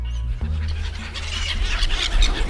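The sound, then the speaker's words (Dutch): Gulls squawk and call in an overlapping flurry of harsh, high cries over a steady low rumble, getting busier and louder toward the end, as bread is put out on a jetty on the shore at Grauw, by the Pikmeer, which is connected to the Margrietkanaal. “Een beetje brood op de steiger hier aan de oevers bij Grauw.”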